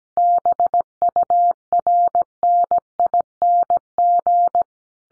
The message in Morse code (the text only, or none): BURNING